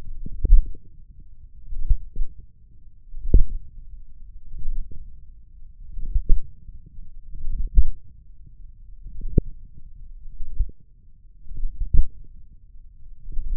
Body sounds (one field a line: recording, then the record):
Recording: forearm muscle sounds (acoustic myography)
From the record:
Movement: wrist extension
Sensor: system 1, eight BSWA MPA416 microphones around the upper forearm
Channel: 8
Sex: male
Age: 28 years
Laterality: right